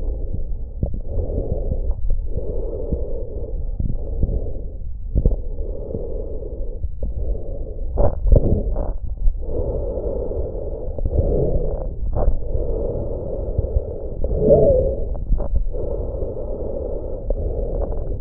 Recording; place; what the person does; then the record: lung sounds by stethoscope; trachea; quiet breathing, then deep breathing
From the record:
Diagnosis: COPD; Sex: male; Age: 78 years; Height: 162 cm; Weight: 66.4 kg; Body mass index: 25.3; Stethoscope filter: extended mode